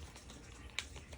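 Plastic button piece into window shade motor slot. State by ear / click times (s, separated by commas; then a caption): seated / 0.8 s. A plastic piece is pushed into a slot on a Hunter Douglas Duette Gen2 PowerView shade motor during a motor replacement, so that it presses the motor's manual button at the back. After a few faint ticks, a sharp, bright click at 0.8 s marks the piece seating, with positive engagement on the button.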